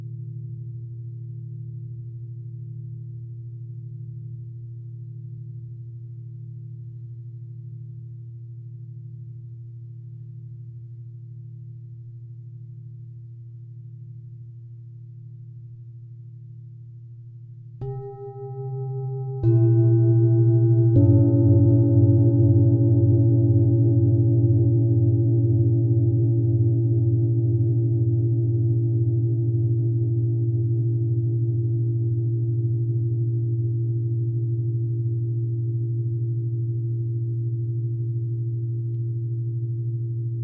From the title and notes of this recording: Singing bowl sound therapy.